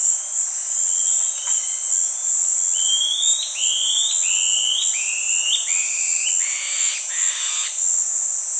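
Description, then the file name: Antbird singing a series of clear whistled notes, each sliding upward, stepping lower toward the end, over a loud, constant high insect drone. "canto da mae de taoca de cauda barrada"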